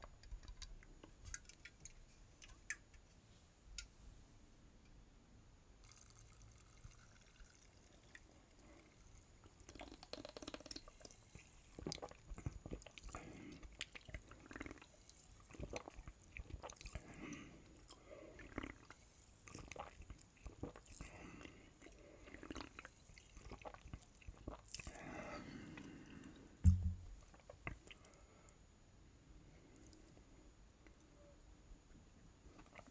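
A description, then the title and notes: Eating sounds from a meal of sushi and spicy noodles: scattered wet clicks, smacks and soft slurps, sparse for the first ten seconds, then denser and more irregular. One sharp, louder snap lands near twenty-seven seconds, followed by quieter chewing. ASMR Sushi & Nuclear Fire Noodles 2X Spicy Mini Mukbang (EATING SOUNDS).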